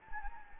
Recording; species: mosquito wingbeat signal from an infrared sensor; Anopheles gambiae